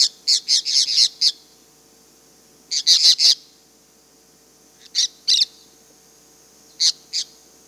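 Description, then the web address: Cobalt-winged parakeet calling: shrill, scratchy high chirps in rapid clusters of two to six, the groups repeated every couple of seconds. Recorded in the Amazon, Peru. "Birds of the Amazon. Cobalt-winged Parakeet (Brotogeris cyanoptera), Peru"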